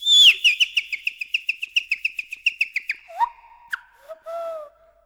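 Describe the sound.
Bird whistle, a rapid series of about twenty sharp whistled notes near one pitch, then a few lower, slurred whistles trailing off.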